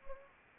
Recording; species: mosquito wingbeat signal from an infrared sensor; Anopheles arabiensis